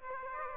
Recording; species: mosquito wingbeat signal from an infrared sensor; Aedes aegypti